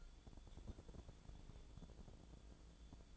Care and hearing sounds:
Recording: daily activity, microphone in the room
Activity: take from stove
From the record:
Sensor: 5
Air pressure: 1000.0 hPa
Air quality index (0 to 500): 91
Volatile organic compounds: 1 ppm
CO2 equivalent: 746 ppm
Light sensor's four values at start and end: 308/733/317/356 and 311/741/320/359

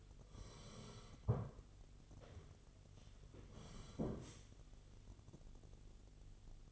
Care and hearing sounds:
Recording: daily activity, microphone in the room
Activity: sit down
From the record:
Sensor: 4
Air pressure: 1016.1 hPa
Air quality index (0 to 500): 193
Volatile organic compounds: 10 ppm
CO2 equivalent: 2200 ppm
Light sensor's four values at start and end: 9/20/8/7 and 9/20/8/7

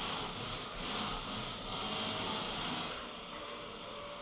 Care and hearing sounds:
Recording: daily activity, microphone in the room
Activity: vacuum cleaning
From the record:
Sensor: 4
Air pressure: 1002.9 hPa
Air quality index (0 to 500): 242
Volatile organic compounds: 18 ppm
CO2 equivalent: 2631 ppm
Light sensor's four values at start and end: 5/11/4/5 and 5/11/4/5

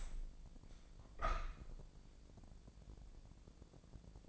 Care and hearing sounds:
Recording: daily activity, microphone in the room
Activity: open window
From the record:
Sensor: 5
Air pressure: 1012.4 hPa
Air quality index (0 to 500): 158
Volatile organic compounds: 2 ppm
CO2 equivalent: 1072 ppm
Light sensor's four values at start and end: 97/234/98/108 and 97/234/99/109

